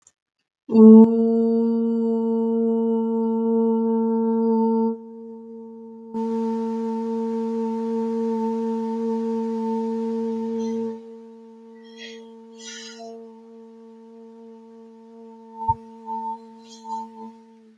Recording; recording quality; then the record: sustained vowel as in boot; excellent, no background noise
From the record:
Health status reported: COVID-19 positive, no symptoms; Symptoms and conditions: loss of smell and taste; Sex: female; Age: 33 years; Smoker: not ticked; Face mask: not worn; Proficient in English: yes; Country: India